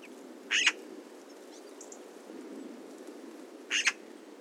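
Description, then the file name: Eurasian magpie calls: two brief harsh, rasping bursts, each a quick doubled note, about three seconds apart over a low background hiss. "Pica pica"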